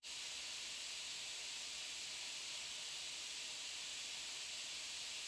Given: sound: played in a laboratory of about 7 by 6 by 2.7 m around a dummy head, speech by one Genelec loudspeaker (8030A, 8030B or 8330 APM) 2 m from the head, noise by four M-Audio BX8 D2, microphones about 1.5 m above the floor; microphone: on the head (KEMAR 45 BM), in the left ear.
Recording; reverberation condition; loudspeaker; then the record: white noise; medium; four, about 170 cm from the corners of the room and facing them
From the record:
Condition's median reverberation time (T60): about 510 ms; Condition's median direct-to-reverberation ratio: about -0.5 dB